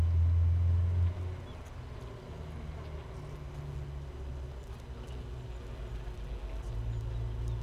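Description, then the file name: Honey bee hive hum, a steady low droning with a strong deep band, louder during the first second and then settling into an even buzz. Queenless hive, Hive 1, recorded 31 May 2018 at 15:30. "Hive 1 31 05 2018 NO Queen Bee H 1"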